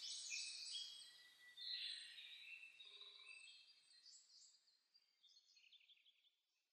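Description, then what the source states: Birds singing at dawn: a burst of bright, high overlapping trills and whistles early on, thinning into scattered chirps that fade toward the end. Dawn chorus (reimei) of birdsong (saezuri), recorded 10 May 2010.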